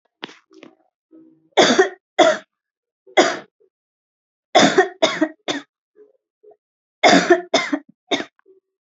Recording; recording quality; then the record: heavy voluntary cough; excellent, no background noise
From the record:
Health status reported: healthy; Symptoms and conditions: none ticked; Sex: female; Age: 21 years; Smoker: not ticked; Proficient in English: yes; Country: India